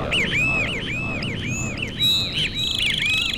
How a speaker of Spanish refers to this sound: Ya el venteveo, ave indiscreta y madrugadora, nos anuncia su llegada, despertando con su aviso a los pájaros que habitan a la orilla del mar.